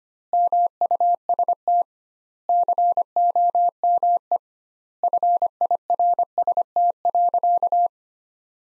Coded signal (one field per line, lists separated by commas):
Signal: Morse code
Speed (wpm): 25 wpm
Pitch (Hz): 700 Hz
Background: none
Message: MUST COME FIRST.